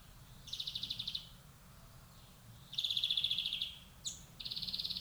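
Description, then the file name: European greenfinch trilled calls, three rapid buzzy bursts of ticking notes, the longest nearly a second, with a brief higher note before the last; low background rumble throughout. "Chloris chloris"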